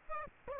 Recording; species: mosquito wingbeat signal from an infrared sensor; Aedes aegypti